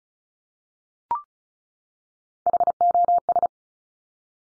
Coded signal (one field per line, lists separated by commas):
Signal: Morse code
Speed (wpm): 36 wpm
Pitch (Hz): 700 Hz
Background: none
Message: HOS